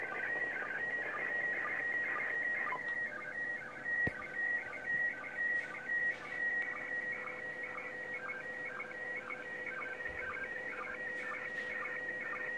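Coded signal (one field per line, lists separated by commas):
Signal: SSTV (slow-scan television)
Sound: warbling tone around 2 kHz with steady periodic low blips, under radio hiss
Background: radio static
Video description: monitoring path of USA and taking care of Doppler frequency shift on 2m 145.800 FM, while capturing image using RX-SSTV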